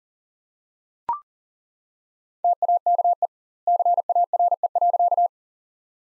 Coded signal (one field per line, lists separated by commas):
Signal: Morse code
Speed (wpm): 40 wpm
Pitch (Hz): 700 Hz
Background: none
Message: TAKE CARE.